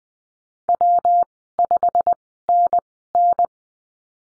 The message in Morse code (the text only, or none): W5NN